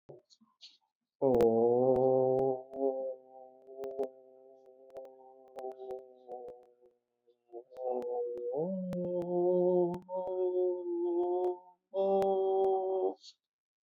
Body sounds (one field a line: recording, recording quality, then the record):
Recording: sustained vowel as in boot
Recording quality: excellent, no background noise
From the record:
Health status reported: exposed to COVID-19, no respiratory illness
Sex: male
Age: 25 years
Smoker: no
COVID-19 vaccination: both doses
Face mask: worn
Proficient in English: yes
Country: India